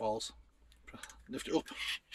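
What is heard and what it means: Someone talks while handling the hinged folding shelf bracket under a wooden kitchen worktop extension in an Iveco Daily camper van, lifting the extension back up toward its raised position. A few faint knocks sound around 0.7, 0.9 and 1.0 seconds under the speech. The clip ends before the bracket locks; nothing has seated or clicked yet.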